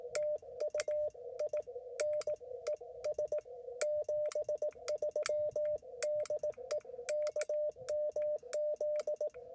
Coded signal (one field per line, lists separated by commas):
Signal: Morse code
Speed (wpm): 18 wpm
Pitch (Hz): 590 Hz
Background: radio noise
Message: TU IN ES 73 DE KMZ